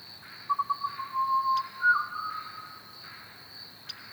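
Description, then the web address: Pied butcherbird singing clear, fluty whistled notes, a quick stutter then a sustained mellow phrase with a slight rise, over a steady high drone. Recorded at Ormiston Gorge. "andrewskeoch. Pied Butcherbird Ormiston"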